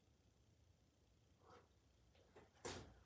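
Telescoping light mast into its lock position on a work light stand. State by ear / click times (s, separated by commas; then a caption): seated / 2.6 s. The telescoping mast of a Milwaukee Rocket M18 18V lithium-ion battery tower work light is raised on its stand, with faint sliding rubs around 1.5 s and 2.4 s over a quiet background. At 2.7 s the mast lock engages with a single sharp click, so the mast is seated at its first lock position.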